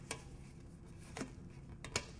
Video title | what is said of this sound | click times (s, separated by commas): Zipp Mounting A Clincher Tire | it actually pops into place once you get it into place | 1.9 s, 2.0 s